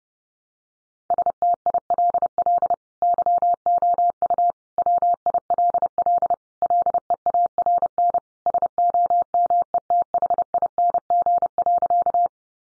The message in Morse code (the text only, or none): STILL YOU WILL LEARN SOMETHING.